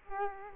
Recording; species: mosquito wingbeat signal from an infrared sensor; Culex quinquefasciatus